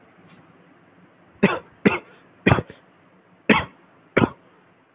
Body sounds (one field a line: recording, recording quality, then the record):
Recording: shallow voluntary cough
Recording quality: excellent, no background noise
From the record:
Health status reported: COVID-19 positive, mild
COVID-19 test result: positive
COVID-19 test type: RT-PCR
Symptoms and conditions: cold, loss of smell and taste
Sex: male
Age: 21 years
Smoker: no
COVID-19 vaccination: both doses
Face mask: not worn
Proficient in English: yes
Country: India